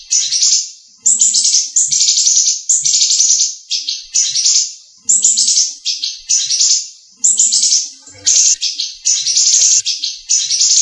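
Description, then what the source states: Leafbird song: loud, buzzy, chattering phrases repeated roughly once a second, each a dense burst of high scratchy notes. Local name Cucak Ijo, variety called daun kecil.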